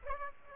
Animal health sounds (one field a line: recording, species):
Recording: mosquito wingbeat signal from an infrared sensor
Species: Aedes aegypti